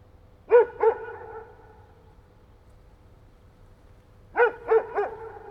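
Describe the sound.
Dog giving two short sharp barks, a pause of about three seconds, then three more quick barks, with a faint low hum behind.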